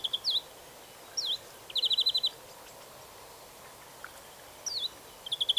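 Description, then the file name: European greenfinch calls: sharp hooked chirps and a fast dry trill near the middle, then more chirps and a short trill at the end. "Chloris chloris"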